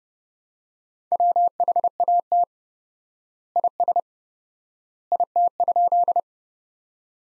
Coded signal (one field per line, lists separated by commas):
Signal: Morse code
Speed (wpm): 30 wpm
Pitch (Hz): 700 Hz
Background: none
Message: WHAT IS IT?